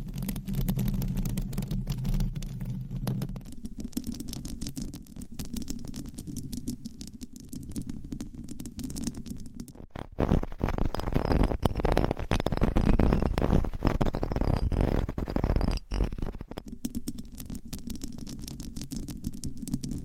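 Scratching and rubbing against microphone covers with nails, mostly a low, muffled rumble with rapid scraping textures. Around ten to sixteen seconds the scratching turns brighter and louder, a dense crackly rasp, before dropping back to the dull, thudding rub.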